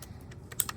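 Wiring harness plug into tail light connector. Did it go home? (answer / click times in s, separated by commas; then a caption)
yes / 0.6 s. After being turned right side up, a plastic OEM-style wiring harness plug is pushed into the tail light connector of a Combat Off-Road Tail Gunner Aluminum Raw Edition tail light on a Jeep JT. A few faint plastic ticks lead up to a sharp, loud click at 0.6 s as the plug locks in, followed by a softer click just after. The plug is seated and secured in place.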